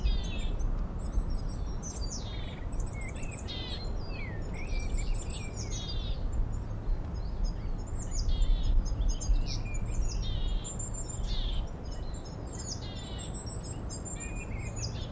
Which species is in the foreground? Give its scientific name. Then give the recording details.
Poecile montanus. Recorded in the wild. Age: adult. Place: Mirnock, Kärnten, AT. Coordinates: 46.758, 13.714. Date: 1967-04-15. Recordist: Brunner, Thomas. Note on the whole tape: Aufnahme: Mirnock, unterhalb Weggabel, Kärnten